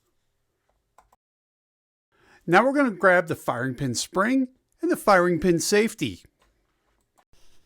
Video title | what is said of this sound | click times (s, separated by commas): Glock 43 Deep Cleaning - Step By Step Firearm Maintenance | Then take the nub end of the rod and insert it into the spring with a slight clockwise turn until you get a click. | 1.0 s